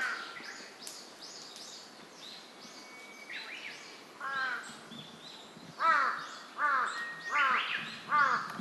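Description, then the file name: Large-billed crow giving hoarse, harsh caws, several in steady succession, growing louder toward the end over steady background noise. "hasibutogarasu"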